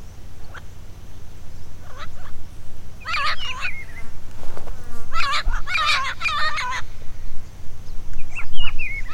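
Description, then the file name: Bird calls: a few soft notes, then dense bursts of harsh chattering with trailing whistled slurs, a brief rustle between, and a final short whistled phrase. "SABIOD 50 bird 2015"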